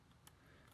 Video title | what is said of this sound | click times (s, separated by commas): GRIFFIN 25 by GEEKVAPE - WICK AND IMPRESSIONS | air flow is a little different now it clicks into place | 0.3 s